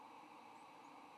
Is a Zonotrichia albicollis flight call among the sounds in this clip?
no